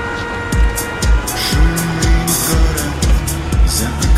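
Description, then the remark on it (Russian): A motorcycle carrying a passenger on the back seat weaves between cars stopped in a traffic jam. Its engine revs in steady, repeated surges about every half second, each one a low rumbling thrust with rising pitch. It is loud throughout, and there are no voices. “Едет с каким-то парнем на заднем сидении мотоцикла.”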